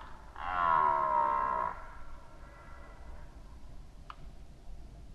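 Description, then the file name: Red deer giving one short, loud, harsh bellow of just over a second, followed by quiet with a faint click. Red deer roaring during the rut, recorded in 2011. "rykowisko 2011"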